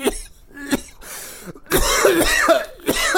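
About six harsh, explosive cough bursts in quick, irregular succession, the later ones running together into a rough, strained fit, right after a big bong hit of cannabis smoke. The airway is reacting to the irritating smoke, and the coughing is painful.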